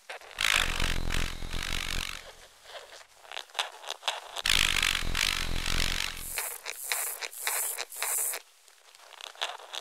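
Loud, raspy cicada buzzing comes in long surging waves, then breaks into a quicker run of pulsing, stuttering chirps at a high pitch, with no talking.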